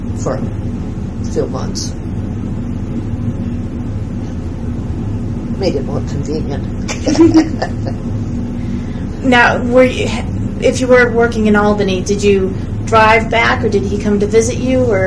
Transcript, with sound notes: for a few months. Made it more convenient. [laughs]
Now if you were working in Albany, did you drive back or did he come to visit you?